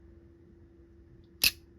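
A Valley Forge Stag slip joint folding knife blade is closed into its handle a second time, snapping shut with one sharp, bright click at 1.5 s over a faint, steady background hum. The blade seats fully closed.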